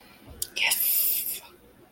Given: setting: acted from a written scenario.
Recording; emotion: vocal sound without words; pride